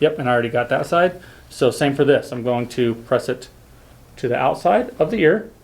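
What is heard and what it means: A Dye i5 paintball goggle lens is being changed, and its edge is handled at the ear side to be pressed outward into the plastic goggle frame while someone talks. Only speech and faint handling are heard, with no sharp hit. Nothing has seated or clicked yet.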